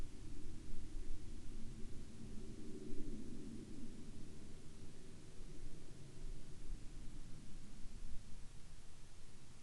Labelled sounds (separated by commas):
aircraft